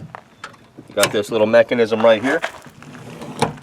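Someone talks while raising the restored fold-down trapdoor panel in the rear cargo area of a 1966 Ford Mustang Fastback, with faint ticks early on. At 3.4 s the small latch mechanism goes up with a sharp mechanical click, locking the panel in place.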